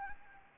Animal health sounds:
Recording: mosquito wingbeat signal from an infrared sensor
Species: Anopheles gambiae

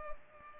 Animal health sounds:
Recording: mosquito wingbeat signal from an infrared sensor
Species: Culex pipiens

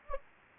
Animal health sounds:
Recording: mosquito wingbeat signal from an infrared sensor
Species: Anopheles gambiae

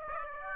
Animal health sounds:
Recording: mosquito wingbeat signal from an infrared sensor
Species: Aedes aegypti

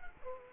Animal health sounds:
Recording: mosquito wingbeat signal from an infrared sensor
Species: Culex quinquefasciatus

